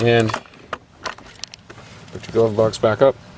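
Someone talks while the plastic glove box of a 2015 Honda Fit is swung back up toward the dashboard after a cabin air filter replacement, with a few short knocks and taps of handling between about 0.7 and 1.7 s. The glove box has not seated or clicked into place yet by the end of the clip.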